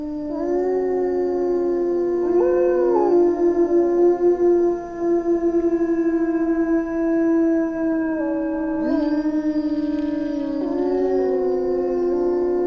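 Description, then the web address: Gray wolf: chorus of gray wolves, several sustained howls weaving above and below one another, one voice pulsing and wavering midway, a fresh howl breaking in near nine seconds. Wolves in winter. "Yle Luontovuosi talvi sudet"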